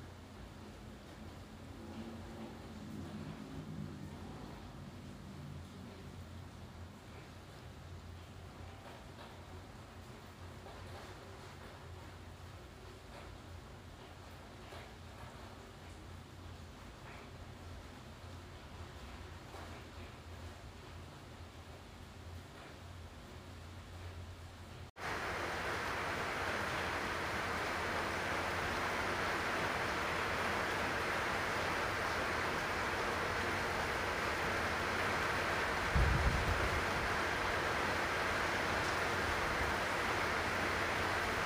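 Rain sounds in two parts. The first 25 seconds are a soft, steady hiss with a low rumble and faint murmuring tones near the start. At 25 seconds it cuts to a much louder, dense rush of rain, bright and constant, with a brief low thump around 36 seconds.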